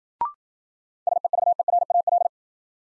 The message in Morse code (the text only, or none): SEVERAL